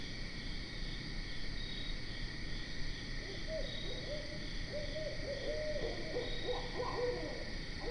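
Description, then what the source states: Barred owl hooting: a run of low hoots starting after three seconds, over a steady buzzing insect chorus. Recorded 12 September 2010.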